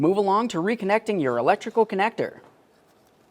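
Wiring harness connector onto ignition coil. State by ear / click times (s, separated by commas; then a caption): not seated / none. Someone talks while the plastic wiring harness electrical connector is handled for reconnecting to the new ignition coil on a 2004-2006 Scion xB, followed by about a second of near silence. Nothing has seated or clicked yet.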